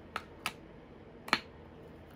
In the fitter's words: and it just snaps into place if you just hurt that i do it again